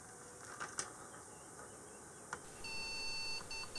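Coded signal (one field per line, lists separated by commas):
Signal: beep code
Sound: quiet room, a click, then a long high beep, a short beep, another starting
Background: room noise, clicks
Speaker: there are some beep codes that means that the CPU gets powered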